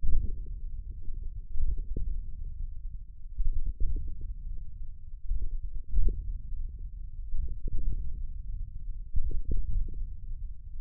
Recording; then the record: forearm muscle sounds (acoustic myography)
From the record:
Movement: wrist extension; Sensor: system 1, eight BSWA MPA416 microphones around the upper forearm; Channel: 6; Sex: male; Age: 28 years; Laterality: right